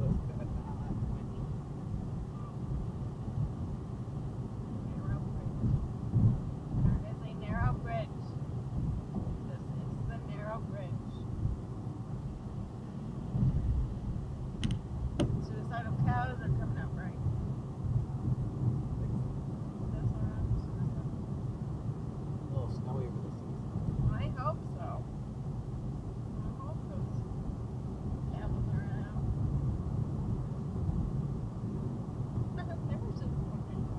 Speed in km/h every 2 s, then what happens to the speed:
92, 93, 95, 93, 93, 92, 87, 89, 89, 87, 87, 90, 90, 90, 92, 93, 93.
0-20 steady at about 92. 20-34 speeds up to 93.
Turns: none.